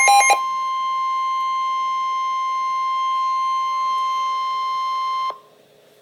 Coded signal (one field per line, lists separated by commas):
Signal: Emergency Alert System (SAME) tones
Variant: 1050 Hz attention tone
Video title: Severe Thunderstorm Warning - EAS #196